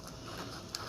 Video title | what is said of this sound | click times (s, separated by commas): Tank Bib Installation - Kawasaki 900 | push that in until you hear it click like that, and then get that gasket back on there. | 0.8 s